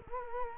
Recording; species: mosquito wingbeat signal from an infrared sensor; Culex quinquefasciatus